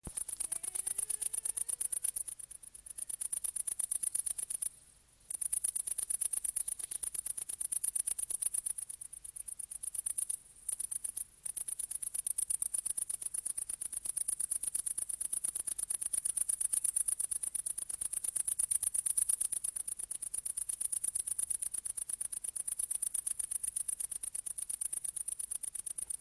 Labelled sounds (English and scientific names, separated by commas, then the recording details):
Great Green Bush-cricket (Tettigonia viridissima) stridulation
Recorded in the wild
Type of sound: stridulation
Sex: male
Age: imago
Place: Heringsdorf, Insel Usedom, Mecklenburg-Vorpommern, DE
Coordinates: 53.9569, 14.1542
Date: 1983-09-18 17:02
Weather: sonnig, 17°C
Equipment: Nagra SN, Sennheiser MKH 416 T, Kopie Uher 4000 Report Monitor
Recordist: Tembrock, Günter
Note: Stridulation, nicht gesehen